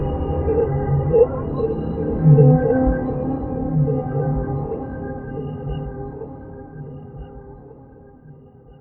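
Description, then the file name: Whale moans, low tonal harmonic calls that swell and fade, overlapping, softening steadily toward the end. "sad whales"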